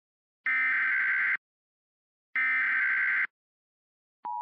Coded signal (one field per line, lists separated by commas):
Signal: Emergency Alert System (SAME) tones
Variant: header bursts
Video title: EAS Scenario - Higglytown Heroes